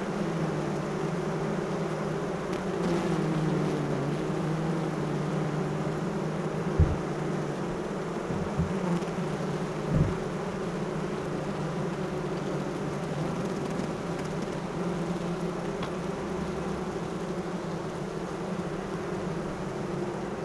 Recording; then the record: honeybee colony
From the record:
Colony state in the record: active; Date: 12 June 2018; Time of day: 7:58